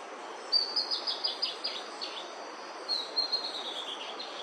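Ferruginous antbird song: a high series of quick notes descending in pitch, given twice, over steady background hiss.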